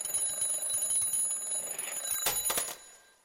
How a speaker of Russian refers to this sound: Я проснулся от резкого звука старенького будильника. С трудом нашарил его в темноте, чтобы выключить.